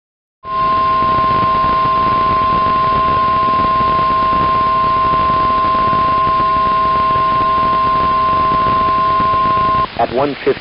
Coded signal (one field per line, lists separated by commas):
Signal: Emergency Alert System (SAME) tones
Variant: 1050 Hz attention tone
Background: speech